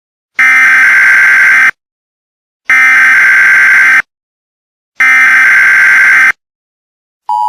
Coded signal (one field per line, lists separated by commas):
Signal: Emergency Alert System (SAME) tones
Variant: header bursts